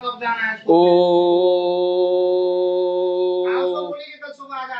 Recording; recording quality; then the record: sustained vowel as in boot; excellent, no background noise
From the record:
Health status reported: healthy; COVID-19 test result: not tested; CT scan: not taken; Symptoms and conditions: none ticked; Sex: male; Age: 52 years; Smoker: no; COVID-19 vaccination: both doses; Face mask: worn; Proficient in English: yes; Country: India